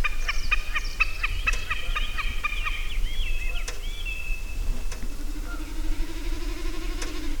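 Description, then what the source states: Common snipe calling in quick repeated ticking notes, then a drawn-out harsh note; a low steady tone runs beneath near the end. Several calls.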